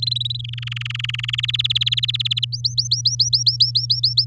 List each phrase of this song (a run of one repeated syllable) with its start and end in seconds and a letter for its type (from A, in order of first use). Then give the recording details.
0.02-0.41 A, 0.44-1.41 B, 1.43-2.45 C, 2.52-4.25 D. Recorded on 8 May 2018 at 12:14. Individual llb16